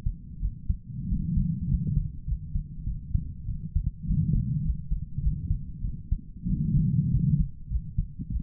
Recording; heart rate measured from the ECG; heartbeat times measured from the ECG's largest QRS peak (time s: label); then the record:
heart sounds by stethoscope; 99 bpm
0.41 s: heartbeat
1.08 s: heartbeat
1.68 s: heartbeat
2.26 s: heartbeat
2.85 s: heartbeat
3.47 s: heartbeat
4.07 s: heartbeat
4.64 s: heartbeat
5.22 s: heartbeat
5.83 s: heartbeat
6.48 s: heartbeat
7.11 s: heartbeat
7.70 s: heartbeat
8.30 s: heartbeat
From the record:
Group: healthy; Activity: rest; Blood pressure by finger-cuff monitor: 153/69 mmHg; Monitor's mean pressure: 96 mmHg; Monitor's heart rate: 98 bpm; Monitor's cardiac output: 9.5 L/min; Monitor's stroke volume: 97 mL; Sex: female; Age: 22 years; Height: 160 cm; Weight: 63 kg